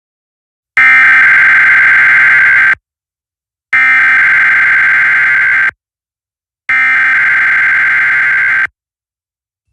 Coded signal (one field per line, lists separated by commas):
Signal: Emergency Alert System (SAME) tones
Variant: header bursts